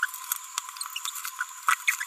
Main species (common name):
Green-rumped Parrotlet